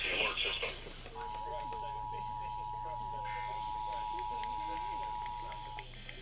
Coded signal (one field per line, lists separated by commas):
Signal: Emergency Alert System (SAME) tones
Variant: 853 and 960 Hz attention tone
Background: speech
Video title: Eas Hgx svr on KTRH 740am KHJK 103.7fm and Kyaz 51.1 Eas#1585-1587